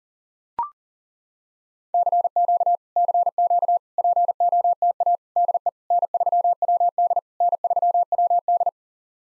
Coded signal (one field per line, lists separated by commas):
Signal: Morse code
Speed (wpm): 40 wpm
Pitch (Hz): 700 Hz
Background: none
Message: CQ CQ POTA DE N3WD N3WD